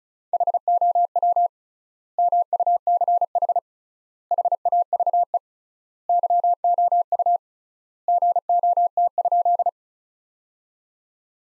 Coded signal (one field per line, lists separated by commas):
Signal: Morse code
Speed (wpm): 34 wpm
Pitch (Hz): 700 Hz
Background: none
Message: HOW MUCH HAVE YOU GOT?